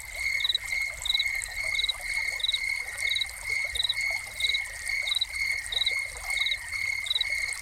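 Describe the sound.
Crickets call with a continuous shrill trill and short bright pulsed chirps repeating quickly, set against steady rushing fountain water.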